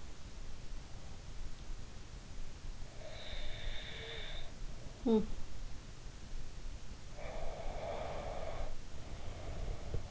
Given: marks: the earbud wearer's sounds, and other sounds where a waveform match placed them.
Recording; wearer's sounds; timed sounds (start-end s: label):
sounds in sleep by an in-ear microphone; snoring breath, breath
2.84-5.41 s: snoring breath
4.79-5.41 s: sound from someone else or the room
6.98-10.11 s: breath